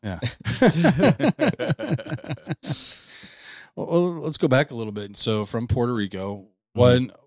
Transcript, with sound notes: Yeah. (laughing) Well, let's go back a little bit. So from Puerto Rico, what